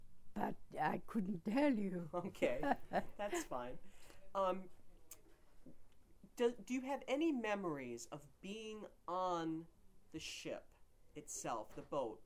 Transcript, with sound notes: But I couldn't tell you.
Okay. [chuckles] [laughs] That's fine. D — do you have any memories of being on the ship itself, the boat?